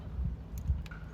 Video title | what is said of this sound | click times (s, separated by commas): Folding Wagon for Beach Trips & Summer Fun🌊 | and snap right in. And with that, we are ready to go. | 0.9 s